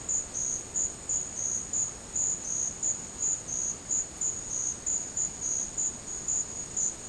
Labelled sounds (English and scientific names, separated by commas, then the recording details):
none
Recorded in dense forest near Puerto Asís, Putumayo, Colombia, on 13 March 2025 at 13:00
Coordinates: 0.500, -76.322
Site GP06